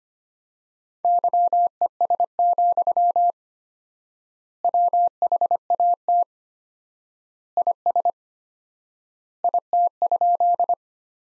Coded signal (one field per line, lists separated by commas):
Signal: Morse code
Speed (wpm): 25 wpm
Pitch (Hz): 700 Hz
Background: none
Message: YES, WHAT IS IT?